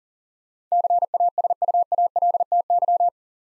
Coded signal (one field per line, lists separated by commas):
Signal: Morse code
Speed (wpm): 40 wpm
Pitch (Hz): 700 Hz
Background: none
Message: CASUALTY